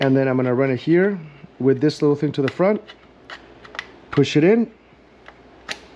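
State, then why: Seated. A cable connector, turned with its notch to the front, is pushed into the port of an LED panel while someone talks. A few small snaps come through, then a sharp click at 5.7 s as the connector locks into place.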